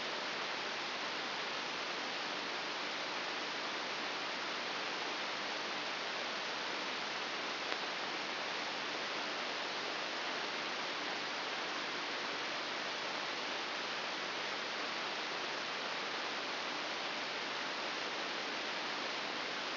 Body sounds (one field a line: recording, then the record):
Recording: brain microelectrode recording played as sound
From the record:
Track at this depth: inside the subthalamic nucleus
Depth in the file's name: 5.201 mm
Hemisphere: right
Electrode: 3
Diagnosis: Parkinson's disease